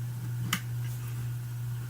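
An internal ribbon connector for the laptop hard drive, the centre connector, is pushed down into its socket on the laptop motherboard after being reconnected. A single sharp click is heard at 0.5 s over a steady low hum, and the connector is seated in place.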